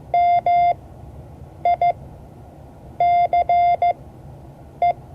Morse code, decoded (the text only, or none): MICE